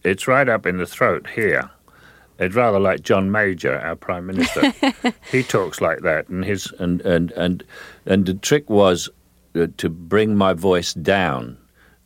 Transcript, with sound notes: It's right up in the throat here. It's rather like John Major, our Prime Minister.
(Laughter).
He talks like that, and his - and the trick was to bring my voice down